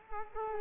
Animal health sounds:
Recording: mosquito wingbeat signal from an infrared sensor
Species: Culex quinquefasciatus

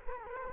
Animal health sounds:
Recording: mosquito wingbeat signal from an infrared sensor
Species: Culex quinquefasciatus

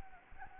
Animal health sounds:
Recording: mosquito wingbeat signal from an infrared sensor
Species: Anopheles gambiae

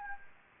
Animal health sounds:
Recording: mosquito wingbeat signal from an infrared sensor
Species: Anopheles gambiae

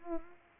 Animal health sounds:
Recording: mosquito wingbeat signal from an infrared sensor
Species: Culex pipiens

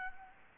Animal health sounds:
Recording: mosquito wingbeat signal from an infrared sensor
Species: Aedes aegypti

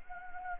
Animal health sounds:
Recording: mosquito wingbeat signal from an infrared sensor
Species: Anopheles gambiae

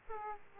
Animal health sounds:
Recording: mosquito wingbeat signal from an infrared sensor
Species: Aedes aegypti

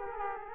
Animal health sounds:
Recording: mosquito wingbeat signal from an infrared sensor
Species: Aedes aegypti

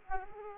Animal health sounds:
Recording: mosquito wingbeat signal from an infrared sensor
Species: Aedes aegypti

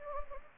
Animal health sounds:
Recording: mosquito wingbeat signal from an infrared sensor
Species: Anopheles gambiae

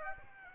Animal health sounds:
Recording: mosquito wingbeat signal from an infrared sensor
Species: Aedes aegypti

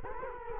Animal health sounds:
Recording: mosquito wingbeat signal from an infrared sensor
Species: Culex quinquefasciatus

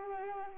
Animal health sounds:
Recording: mosquito wingbeat signal from an infrared sensor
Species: Anopheles arabiensis

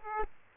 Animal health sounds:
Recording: mosquito wingbeat signal from an infrared sensor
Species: Aedes aegypti

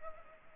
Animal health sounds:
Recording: mosquito wingbeat signal from an infrared sensor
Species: Culex pipiens

